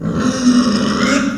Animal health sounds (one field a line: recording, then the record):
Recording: squeal of a Yucatan mini pig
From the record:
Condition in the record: after surgery on the right vocal fold (resection and tissue-engineered implant)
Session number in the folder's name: 9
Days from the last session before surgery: 65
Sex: female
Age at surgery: 19 weeks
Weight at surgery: 25 kg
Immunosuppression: prednisolone